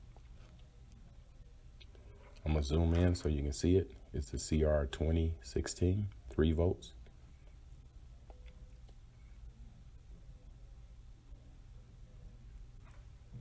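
A CR2016 3-volt lithium coin cell is handled at the battery holder of a CA 5054 remote start and keyless entry key fob, part number CATX4. Someone talks from about 2.5 to 6.8 seconds over a quiet background with a few faint ticks near the start. Nothing has seated or clicked yet.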